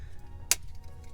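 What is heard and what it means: The main blade of a Wenger Viking folding pocket knife snaps open or closed against its backspring, seating in the handle at 0.5 s with a single sharp, bright click. The snap is lighter than that of a Victorinox Tourist, probably because of thinner blade stock. A low steady hum fills the background, with a couple of faint ticks afterward.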